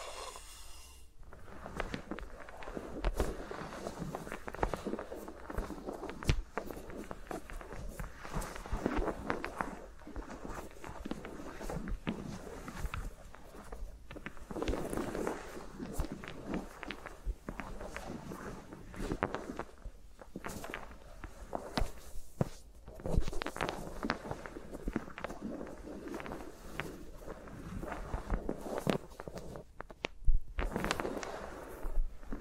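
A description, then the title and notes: Fingers move against microphones with no talking, making a dense stream of rustling, scratching and soft tapping. Short sharp clicks and brushes come rapidly and unevenly throughout, with brief louder bursts near 15 and 30 seconds over a low steady hum. ASMR with Mics Around My Fingers (No Talking).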